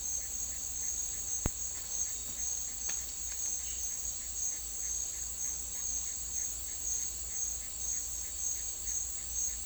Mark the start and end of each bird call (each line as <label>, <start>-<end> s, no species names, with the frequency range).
bird call (1.4-2.8 kHz), 0.00-9.60 s